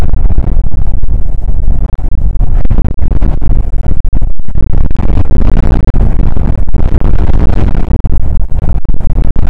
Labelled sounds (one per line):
wind